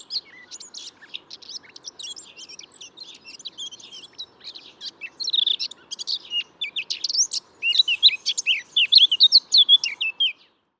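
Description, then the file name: Eurasian blackcap singing a long, hurried run of scratchy, twittering notes that grows louder and ends in clearer whistled phrases. "Sylvia atricapilla"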